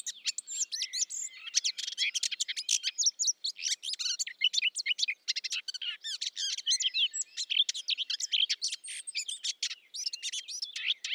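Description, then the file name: Eurasian blackcap pouring out a continuous, hurried warble of clicks, chirps and short whistles with hardly any gaps. "Sylvia atricapilla"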